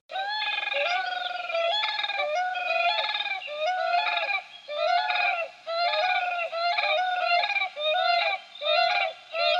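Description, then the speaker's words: Giant ibis calling in loud, harsh honking notes with rich harmonics, repeated. Critically endangered species living in Cambodia; target of a wildlife-friendly project to sustainably produce rice in its habitat. "Once again, here's the call of the giant ibis."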